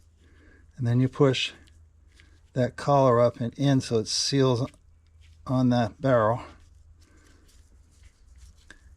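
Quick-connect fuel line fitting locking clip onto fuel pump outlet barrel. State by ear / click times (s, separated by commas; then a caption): seated / 8.7 s. On the replacement fuel pump of a 1970 Rover P6 3500S NADA Spec, a quick-connect fuel line fitting has been pushed onto the pump's outlet barrel and its collar pushed up to seal while someone talks. The plastic locking clip is then pressed down and snaps home with a sharp click at 8.7 s, locking the fitting in place.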